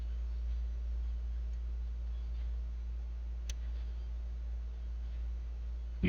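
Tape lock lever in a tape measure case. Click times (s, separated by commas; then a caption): 3.5 s. During reassembly of a tape measure, the tape lock lever in the tape measure case is moved to the unlocked position, giving a single sharp click at 3.5 s over a steady low hum. The lock is released and the tape is unlocked.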